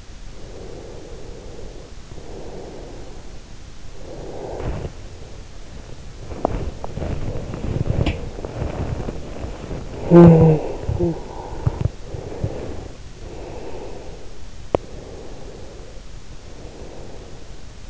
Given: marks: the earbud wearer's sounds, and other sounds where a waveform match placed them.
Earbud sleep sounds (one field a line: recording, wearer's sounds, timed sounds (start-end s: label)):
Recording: sounds in sleep by an in-ear microphone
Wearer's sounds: breath, snoring breath, body movement, talking in sleep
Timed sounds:
0.43-3.25 s: breath
3.97-5.46 s: snoring breath
6.18-9.54 s: body movement
9.54-11.45 s: talking in sleep
11.45-14.41 s: breath
14.81-17.68 s: breath